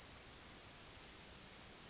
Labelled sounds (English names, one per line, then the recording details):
Yellowhammer song
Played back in grassland
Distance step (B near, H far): C
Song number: 160